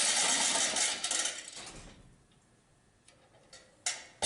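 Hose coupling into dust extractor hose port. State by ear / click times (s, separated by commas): seated / 3.9 s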